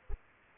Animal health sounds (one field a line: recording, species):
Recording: mosquito wingbeat signal from an infrared sensor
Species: Aedes aegypti